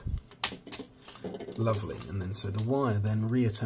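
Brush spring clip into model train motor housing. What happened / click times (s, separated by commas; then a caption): The small spring clip snapped into place / 0.4 s. A small sprung brush clip is hooked over and pushed up into a model train Ringfield motor housing, seating with a sharp click at 0.4 s after a few faint taps. Someone then talks as the wire is reattached.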